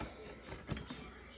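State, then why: Seated. A part of a Rainbow SRX vacuum is slid into the vacuum housing and pressed flat with the thumb so dirt doesn't get stuck around it. A softer scrape sounds at about 0.5 s, then a sharp click at 0.8 s as the part snaps into place, seated.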